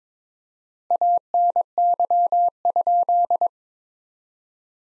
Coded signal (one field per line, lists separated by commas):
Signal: Morse code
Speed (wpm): 22 wpm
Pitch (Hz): 700 Hz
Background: none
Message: ANY?